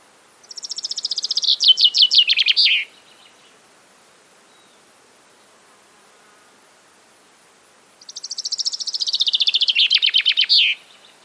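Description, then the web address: Common chaffinch singing two complete descending trilled phrases, each about two and a half to three seconds long and ending in a flourish, separated by a quiet pause. "Deverinetal 2025 File origin Bird Only Fr Co"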